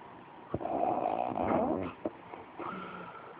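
One rough, fluttering snore lasting just over a second, framed by soft clicks; an ordinary snoring sound from an adult sleeper.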